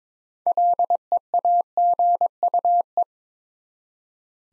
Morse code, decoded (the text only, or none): LEAGUE